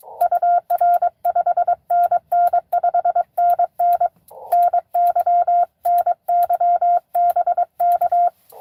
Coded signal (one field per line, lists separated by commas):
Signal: Morse code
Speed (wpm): 22 wpm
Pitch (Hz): 700 Hz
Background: none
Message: UR 5NN 5NN NY NY BK